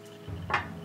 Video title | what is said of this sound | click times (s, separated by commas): Rozborka a Sborka - #041 - La Coruna FR-8 Španělský Mauser | nějakého nástroje jej přetočíme zpět do této drážky, už nám zaskočí. | 0.5 s